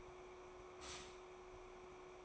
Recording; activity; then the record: daily activity, microphone in the room; stop toaster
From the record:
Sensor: 1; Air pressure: 1014.7 hPa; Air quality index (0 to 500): 195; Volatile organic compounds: 30 ppm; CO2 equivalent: 2948 ppm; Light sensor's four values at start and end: 4/9/3/3 and 4/9/3/3